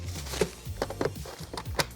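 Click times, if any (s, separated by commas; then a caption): 0.8 s, 1.0 s. A monitor stand is pushed onto the back of a Dell S-Series gaming monitor panel without tools and snaps into its plastic quick-release mounting bracket. Two sharp clicks sound at 0.8 s and 1.1 s among light handling noise, and the stand is seated in the mount.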